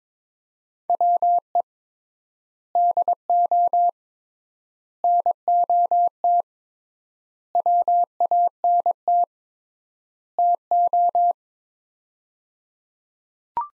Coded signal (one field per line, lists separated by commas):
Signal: Morse code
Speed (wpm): 22 wpm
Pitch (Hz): 700 Hz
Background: none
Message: WE DO NOT WANT TO